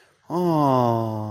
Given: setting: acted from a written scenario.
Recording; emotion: vocal sound without words; adoration